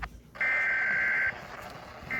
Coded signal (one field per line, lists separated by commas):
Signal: Emergency Alert System (SAME) tones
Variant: header bursts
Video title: Eas scenario Red lake part 3